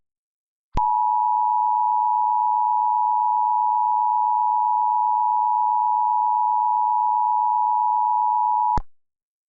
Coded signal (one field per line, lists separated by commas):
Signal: Emergency Alert System (SAME) tones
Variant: 853 and 960 Hz attention tone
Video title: EAS Mock #7 | Fayetteville TOR-E (6/4/08)